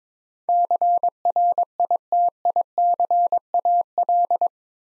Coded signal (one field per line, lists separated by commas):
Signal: Morse code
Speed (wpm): 22 wpm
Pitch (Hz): 700 Hz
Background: none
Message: CRITICAL